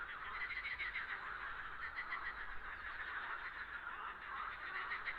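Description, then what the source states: Frogs croaking together, a constant buzzy pulsing chorus. Frogs on a lake.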